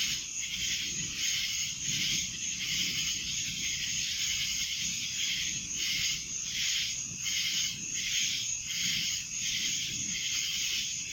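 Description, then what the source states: Cicadas droning in a shrill, rhythmic chorus that rises and falls in even beats, with a faint low rumble underneath. Cicadas recorded in Annapolis in July 2012.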